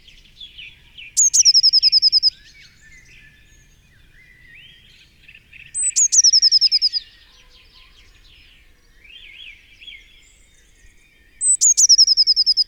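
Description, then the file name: Eurasian blue tit sings a high sharp note leading into a quick silvery trill, three phrases in all, with quieter lower chatter between. "Cyanistes caeruleus"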